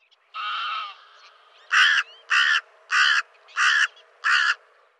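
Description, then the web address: Bird starting with a longer drawn-out hoarse note, then five sharp, harsh calls repeated at a brisk, regular pace. "cianscape birddata Deverinetal 2025"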